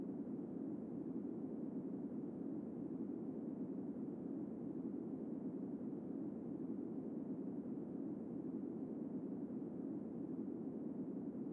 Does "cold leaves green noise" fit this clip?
yes